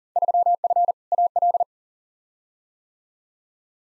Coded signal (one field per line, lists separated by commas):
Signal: Morse code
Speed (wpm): 40 wpm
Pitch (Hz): 700 Hz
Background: none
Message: 3F AL